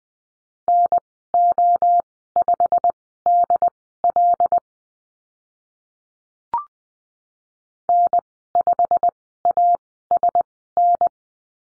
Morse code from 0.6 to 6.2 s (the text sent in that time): NO5DL